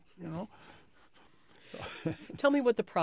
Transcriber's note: chuckles